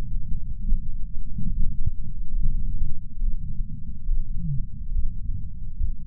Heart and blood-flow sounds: heart sounds by patch sensor on the chest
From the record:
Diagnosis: coronary artery disease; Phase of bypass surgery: preoperative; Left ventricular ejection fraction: 58.9%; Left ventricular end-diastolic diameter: 51 mm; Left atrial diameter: 51 mm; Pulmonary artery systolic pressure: 40 mmHg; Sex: male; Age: 73 years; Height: 170 cm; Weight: 85 kg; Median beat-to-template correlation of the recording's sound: 0.81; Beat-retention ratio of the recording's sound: 0.95

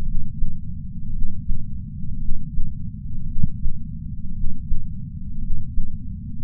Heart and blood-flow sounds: heart sounds by patch sensor on the chest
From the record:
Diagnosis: coronary artery disease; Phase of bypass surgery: intraoperative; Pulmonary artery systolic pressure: 25 mmHg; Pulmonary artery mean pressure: 17 mmHg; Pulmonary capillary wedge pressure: 11 mmHg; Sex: male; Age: 62 years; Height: 172 cm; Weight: 60 kg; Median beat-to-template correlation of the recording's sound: 0.91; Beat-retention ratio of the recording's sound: 1.00

